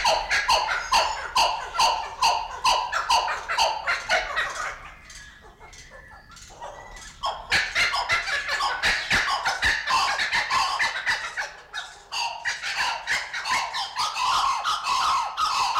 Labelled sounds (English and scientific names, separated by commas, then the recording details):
Blue-winged Kookaburra (Dacelo leachii) call
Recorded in captivity
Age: adult
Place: Zoo Berlin, Berlin, DE
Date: 1992-12-25
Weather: heiter, -7°C
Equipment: Marantz CP 430, Sennheiser ME 80, Kopie Uher Variocord 263
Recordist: Tembrock, Günter